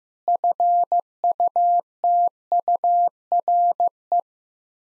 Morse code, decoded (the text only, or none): FUTURE